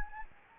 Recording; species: mosquito wingbeat signal from an infrared sensor; Anopheles gambiae